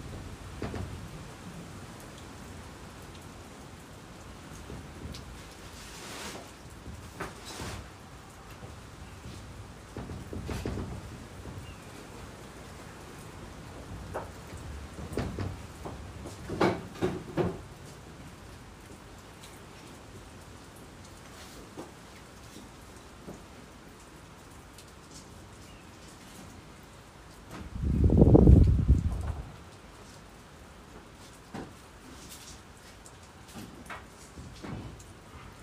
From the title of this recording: raining under the eaves